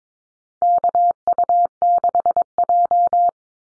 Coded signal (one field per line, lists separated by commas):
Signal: Morse code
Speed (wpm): 22 wpm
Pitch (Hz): 700 Hz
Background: none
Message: KU6J